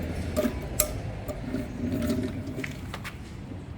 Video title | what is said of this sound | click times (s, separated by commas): Discover the power of efficiency with our EVEAGE 15.5 inch Pressure Washer Surface Cleaner! ⚡️ | that, and then just pops right in at the bottom. | 0.8 s